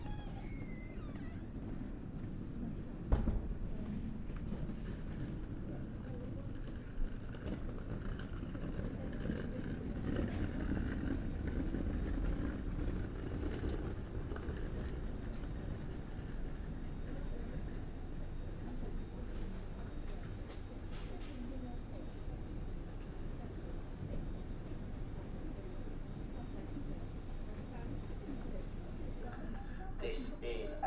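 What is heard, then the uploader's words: A railway platform at Peterborough Station, with a steady low rumble of engines and traffic filling the whole stretch. Faint voices drift through the background, and sharp knocks sound at about three and seven seconds, with a few brief high squeals near the end. Made on Platform 3B at Peterborough Station. I was waiting for a connecting train to somewhere.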